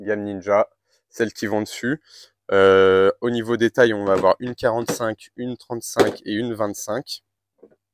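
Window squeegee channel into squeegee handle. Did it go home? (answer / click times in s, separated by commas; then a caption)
no / none. Someone talks for most of the clip while a window squeegee channel is handled next to its squeegee handle, before it is clipped in. Two faint, brief ticks come near the end at about 7.6 and 7.7 seconds. The channel has not seated or clicked into the handle yet.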